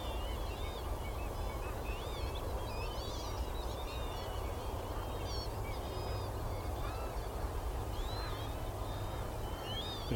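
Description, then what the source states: Northern lapwings giving overlapping wheezy, swooping whistled calls throughout, a busy chorus of many birds over constant low wind noise. Flock of about 100 lapwings, whooping, in tumbling display flight over water on a wild mudflat.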